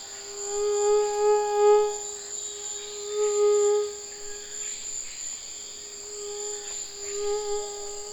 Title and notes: MOUSTIQUE TROPICAL. 17 novembre 2006-Chemin des grands arbres - Saül